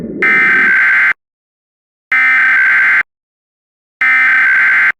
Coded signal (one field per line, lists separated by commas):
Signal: Emergency Alert System (SAME) tones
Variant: header bursts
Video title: (EAS MOCK) the story of train 1743